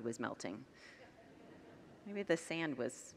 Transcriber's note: congregants laugh